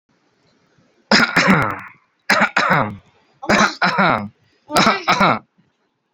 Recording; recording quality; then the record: shallow voluntary cough; excellent, no background noise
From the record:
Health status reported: healthy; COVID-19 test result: not tested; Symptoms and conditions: none ticked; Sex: male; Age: 32 years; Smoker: not ticked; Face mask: not worn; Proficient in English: yes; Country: India